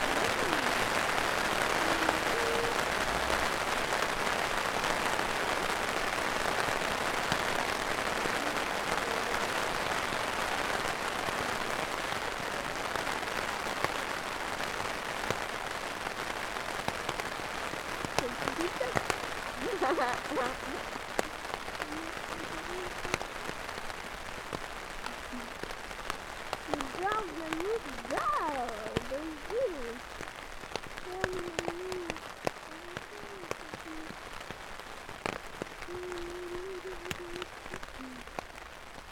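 A montage of ambient sounds from a trip in Wales. A dense, steady crackling hiss like rain or applause runs the whole way, thinning slightly in the second half. From about 18 seconds, voices speak in short bursts over it, with scattered sharp taps.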